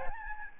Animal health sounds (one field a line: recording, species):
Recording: mosquito wingbeat signal from an infrared sensor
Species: Aedes albopictus